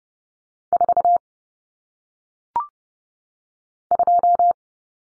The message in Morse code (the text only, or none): 42